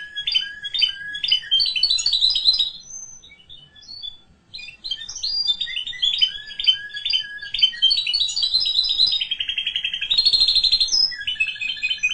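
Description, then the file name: Canary pouring out a long varied song of chirps, slurred whistles and fast rolling trills. "Canary Voice"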